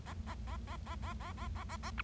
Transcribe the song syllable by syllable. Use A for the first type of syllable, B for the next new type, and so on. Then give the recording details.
A A A A A A A A A A A B. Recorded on 25 March 2012 at 11:03. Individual gy6or6